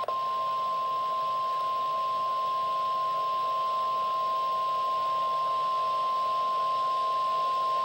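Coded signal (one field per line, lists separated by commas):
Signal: Emergency Alert System (SAME) tones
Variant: 1050 Hz attention tone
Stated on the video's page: Real EAS special marine warning.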